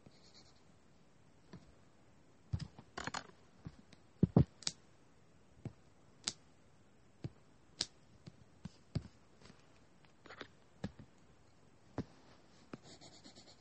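Drawing and writing sounds: sparse, sharp scratches and taps over a quiet hiss, irregular bursts, loudest around four seconds, with brief scribbling clusters.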